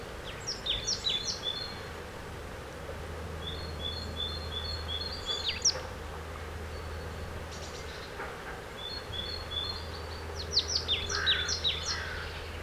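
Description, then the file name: Marsh tit calls: scattered thin high notes and short bursts of sharp descending notes, fairly faint, over a steady low hum and light background noise. "Poecile palustris"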